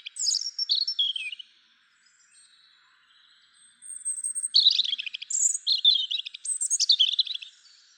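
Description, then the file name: European robin singing two bursts of high, sweet warbling phrases, tumbling trills and thin whistles, separated by a pause of about two seconds of near silence. "Erithacus rubecula"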